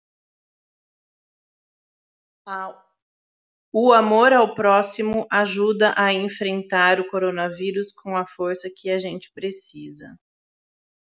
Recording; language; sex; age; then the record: spoken sentence; Brazilian Portuguese; female; 40 to 49 years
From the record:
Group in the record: control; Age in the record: 41 years